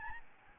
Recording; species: mosquito wingbeat signal from an infrared sensor; Aedes albopictus